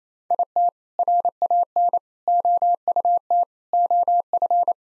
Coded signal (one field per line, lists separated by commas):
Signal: Morse code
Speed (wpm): 27 wpm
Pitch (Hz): 700 Hz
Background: none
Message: IT RAN OUT OF